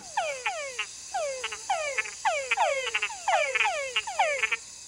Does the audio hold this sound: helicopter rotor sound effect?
no